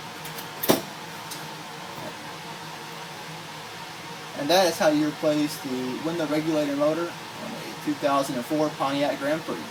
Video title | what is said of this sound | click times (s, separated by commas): How To Replace the Window Regulator on a 2004 Pontiac Grand Prix | line it up pop into place | 0.6 s